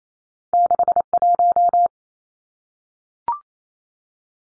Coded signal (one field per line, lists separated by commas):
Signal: Morse code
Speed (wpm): 28 wpm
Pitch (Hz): 700 Hz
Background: none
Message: 61